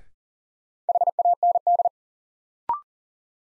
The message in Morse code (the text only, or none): HAND